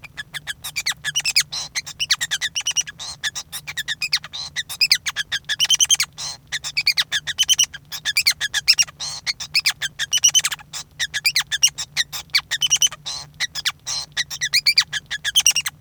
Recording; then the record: song of a male Bengalese finch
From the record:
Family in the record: son of father 5